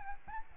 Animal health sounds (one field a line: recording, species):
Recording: mosquito wingbeat signal from an infrared sensor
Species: Aedes albopictus